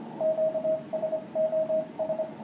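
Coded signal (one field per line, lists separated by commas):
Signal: Morse code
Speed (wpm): 25 wpm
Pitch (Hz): 630 Hz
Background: radio noise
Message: QSOS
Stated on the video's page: Band watch with activity on 18 MHz.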